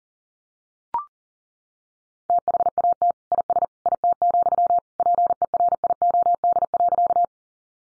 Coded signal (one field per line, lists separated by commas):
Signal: Morse code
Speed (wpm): 40 wpm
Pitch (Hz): 700 Hz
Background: none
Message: THAT IS IT, PERIOD.